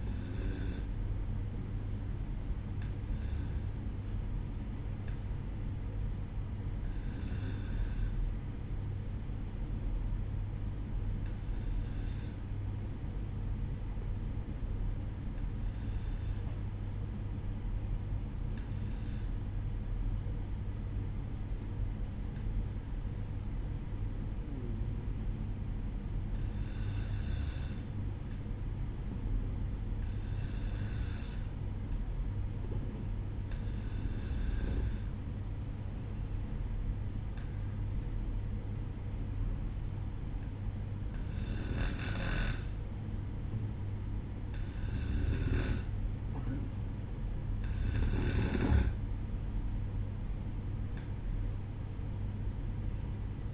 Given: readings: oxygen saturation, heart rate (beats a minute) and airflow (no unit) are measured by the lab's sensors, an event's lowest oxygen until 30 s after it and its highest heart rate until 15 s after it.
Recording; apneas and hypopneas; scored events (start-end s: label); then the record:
breathing in sleep by a smartphone at the bedside; 1
10.00-30.30 s: hypopnea (N2, oxygen 96% highest, then 93% lowest, heart rate 61 at the start, 67 highest)
From the record:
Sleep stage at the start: N2 (light sleep); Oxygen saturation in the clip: 93 to 96%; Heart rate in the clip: 58 to 67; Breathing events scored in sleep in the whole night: 305 in 9.6 hours asleep